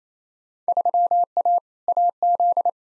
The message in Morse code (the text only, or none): 3A AZ